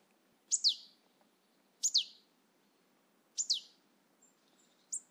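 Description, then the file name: Marsh tit calls, paired sharp high notes dropping in pitch, repeated about every one and a half seconds over a quiet background. "Poecile palustris"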